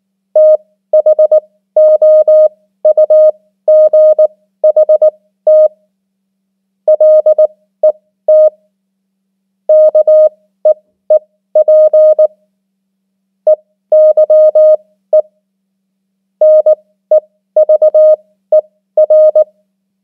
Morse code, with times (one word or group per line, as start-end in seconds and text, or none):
0.4-5.7 THOUGHT
6.9-8.5 LET
9.7-12.3 KEEP
13.5-15.2 EYE
16.4-19.4 NEVER